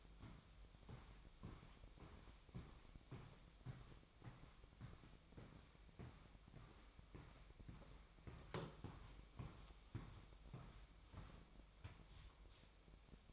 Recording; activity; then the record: daily activity, microphone in the room; walk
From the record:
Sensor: 1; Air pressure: 1001.6 hPa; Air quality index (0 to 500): 221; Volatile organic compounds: 30 ppm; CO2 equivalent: 2952 ppm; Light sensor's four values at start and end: 9/31/11/13 and 9/32/11/13